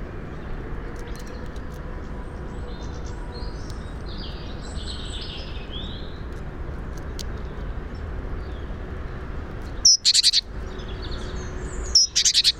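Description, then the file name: Great tit calls: two short bursts near the end, each a high note followed by buzzy churring, after a stretch of faint background birdsong and low steady noise. "Parus major"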